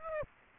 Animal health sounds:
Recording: mosquito wingbeat signal from an infrared sensor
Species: Aedes aegypti

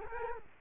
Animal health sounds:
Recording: mosquito wingbeat signal from an infrared sensor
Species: Culex quinquefasciatus

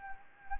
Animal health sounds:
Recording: mosquito wingbeat signal from an infrared sensor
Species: Anopheles gambiae

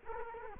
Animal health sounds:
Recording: mosquito wingbeat signal from an infrared sensor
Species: Culex quinquefasciatus

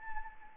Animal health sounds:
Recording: mosquito wingbeat signal from an infrared sensor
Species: Anopheles arabiensis

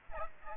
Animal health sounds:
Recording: mosquito wingbeat signal from an infrared sensor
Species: Aedes aegypti

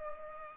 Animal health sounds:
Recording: mosquito wingbeat signal from an infrared sensor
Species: Culex pipiens

